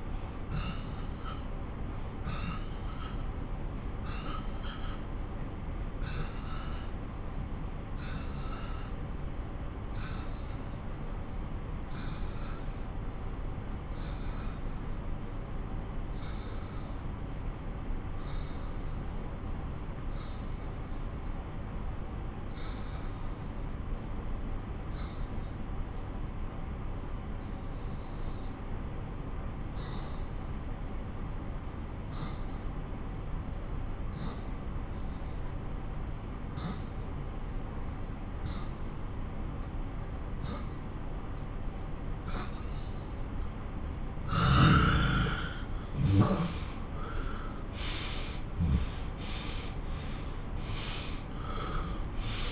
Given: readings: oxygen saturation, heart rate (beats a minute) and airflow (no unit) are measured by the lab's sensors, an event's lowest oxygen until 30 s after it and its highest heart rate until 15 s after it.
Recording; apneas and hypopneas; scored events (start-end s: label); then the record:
breathing in sleep by a smartphone at the bedside; 1
5.00-44.40 s: obstructive apnea (N1, oxygen 93% highest, then 82% lowest)
16.00-46.00 s: new sleep stage, N2 (light sleep)
46.00-52.52 s: new sleep stage, N1 (lightest sleep)
From the record:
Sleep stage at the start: N1 (lightest sleep); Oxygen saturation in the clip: 86 to 93%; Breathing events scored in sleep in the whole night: 217 in 6.3 hours asleep